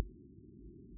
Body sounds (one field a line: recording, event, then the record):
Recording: neck accelerometer signal played as sound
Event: no cough (speech, laughter, throat clearing or background)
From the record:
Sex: male